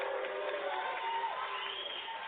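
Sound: crowd booing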